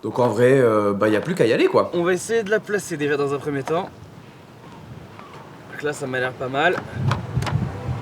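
Someone talks while lining up a plastic rocker panel trim against the body of a Peugeot 208 GTI, getting ready to press its upper edge so the upper clips snap into the car body. Quieter handling noises and a couple of short, sharp knocks follow. Nothing has seated or clicked yet.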